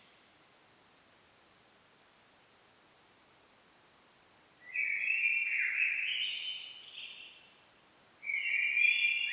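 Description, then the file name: Common blackbird giving a flowing fluted phrase with a squeaky tail, then starting another; faint thin high notes sound in the quiet gaps. "Turdus merula"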